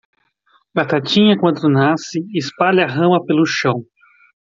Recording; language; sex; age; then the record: short text; Brazilian Portuguese; male; 40 to 49 years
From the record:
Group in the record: control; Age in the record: 44 years